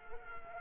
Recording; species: mosquito wingbeat signal from an infrared sensor; Culex quinquefasciatus